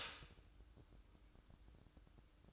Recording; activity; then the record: daily activity, microphone in the room; stop toaster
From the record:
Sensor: 2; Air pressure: 1006.9 hPa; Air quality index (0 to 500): 43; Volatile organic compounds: 1 ppm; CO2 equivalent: 549 ppm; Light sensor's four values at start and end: 7/16/7/7 and 7/16/7/7